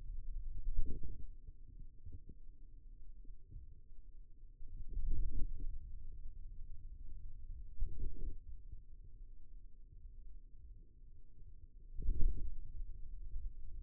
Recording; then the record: forearm muscle sounds (acoustic myography)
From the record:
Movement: wrist extension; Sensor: system 2, bracelet of six BSWA MPA416 microphones around the upper forearm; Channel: 3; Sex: male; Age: 22 years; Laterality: right